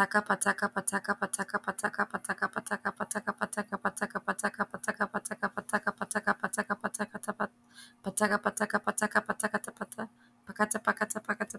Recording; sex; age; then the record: repeated syllables /pa ta ka/; male; 40 to 49 years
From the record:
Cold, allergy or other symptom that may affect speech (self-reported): no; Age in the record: 44 years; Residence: California, United States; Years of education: 20